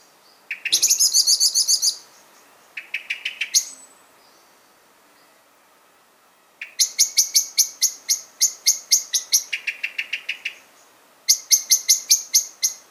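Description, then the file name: Common blackbird giving bursts of sharp, clicking chink notes in rapid runs, with short pauses between volleys and some lower chuckling notes. "Turdus merula"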